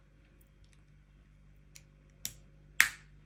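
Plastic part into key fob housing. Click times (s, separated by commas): 2.3 s, 2.8 s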